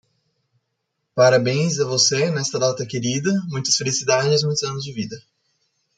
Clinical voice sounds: short text; Brazilian Portuguese; female; 20 to 29 years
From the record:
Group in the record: control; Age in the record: 28 years

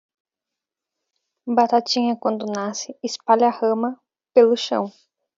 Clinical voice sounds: short text; Brazilian Portuguese; female; 20 to 29 years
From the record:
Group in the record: control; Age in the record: 21 years

